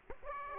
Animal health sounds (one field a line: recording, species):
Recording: mosquito wingbeat signal from an infrared sensor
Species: Aedes aegypti